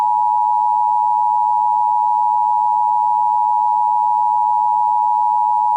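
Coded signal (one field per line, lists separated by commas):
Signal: Emergency Alert System (SAME) tones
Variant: 853 and 960 Hz attention tone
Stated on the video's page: Fictional EAS scenario for a Showbiz Pizza story.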